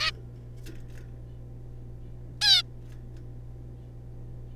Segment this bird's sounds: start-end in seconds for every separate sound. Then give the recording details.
0.01-0.11, 2.42-2.63. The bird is a juvenile. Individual R3549